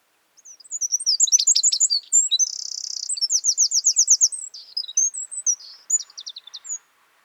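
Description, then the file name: Eurasian wren song: a long, fast stream of shrill notes with a buzzy trill in the middle, then softer scattered chips trailing off. "Troglodytes troglodytes"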